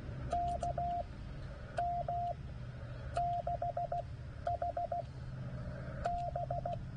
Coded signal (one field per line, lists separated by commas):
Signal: Morse code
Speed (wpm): 15 wpm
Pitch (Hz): 700 Hz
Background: radio noise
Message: KM6HB